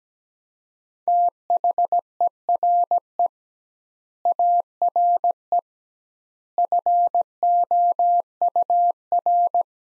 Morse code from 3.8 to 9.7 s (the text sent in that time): ARE FOUR